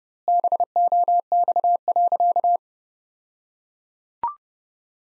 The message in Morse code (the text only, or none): BOX.